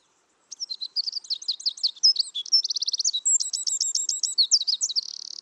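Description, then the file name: Eurasian wren pouring out a vigorous, high-pitched song of rapid notes and trills, closing on a sustained buzzy trill. "Troglodytes troglodytes"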